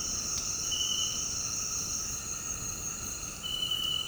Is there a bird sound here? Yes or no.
no